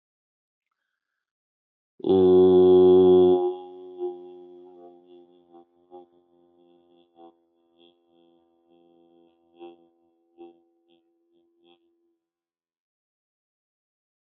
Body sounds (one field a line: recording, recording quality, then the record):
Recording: sustained vowel as in boot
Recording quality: excellent, no background noise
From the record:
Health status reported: healthy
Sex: male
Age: 41 years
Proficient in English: yes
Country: India